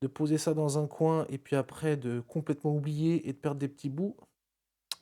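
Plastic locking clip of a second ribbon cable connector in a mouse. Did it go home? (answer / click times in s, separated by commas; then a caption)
yes / 4.9 s. Someone talks for about four seconds, then after a short silence a sharp click sounds at 4.9 seconds as the second small plastic locking clip of a ribbon cable connector inside a mouse is pressed straight back into place so it is not lost. The latch clicks closed and is roughly locked.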